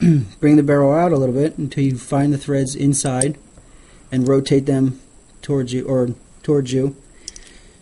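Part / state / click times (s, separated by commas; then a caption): pistol barrel into slide / seated / 7.3 s. During reassembly of a Colt 1908 Vest Pocket .25 calibre pistol, someone talks while the steel barrel is dropped into the slide, pulled forward to find the internal threads, and rotated toward the user. A sharp, short hit at 7.3 s marks the barrel locking into place in the slide.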